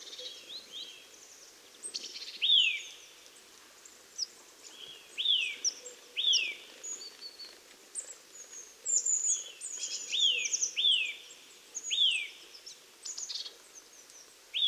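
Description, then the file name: Eurasian nuthatch calls: loud, sharp downslurred notes, given singly or in quick pairs at irregular intervals. "Sitta europaea"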